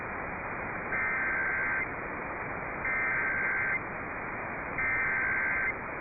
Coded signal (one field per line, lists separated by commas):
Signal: Emergency Alert System (SAME) tones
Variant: header bursts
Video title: FOUND Oklahoma Statewide CAE on 3 Stations (EAS #21221-21223) 8/2/24